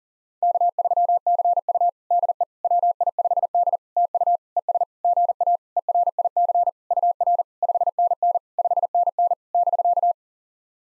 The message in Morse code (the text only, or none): K3CU DE WI5D TU ES GA ERIC UR 5NN 5NN <BK>